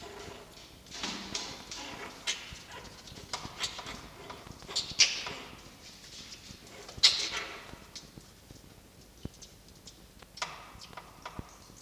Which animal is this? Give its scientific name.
Vulpes vulpes